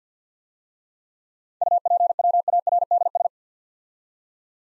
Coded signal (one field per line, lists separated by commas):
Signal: Morse code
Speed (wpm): 49 wpm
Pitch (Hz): 700 Hz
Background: none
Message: UPWARDS